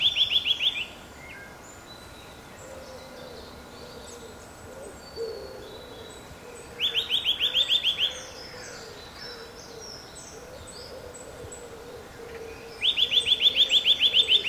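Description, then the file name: Eurasian nuthatch calls: loud, rapid trills of rising notes, about six seconds apart, with faint low repeated notes from another bird and background hiss. "Sitta europaea"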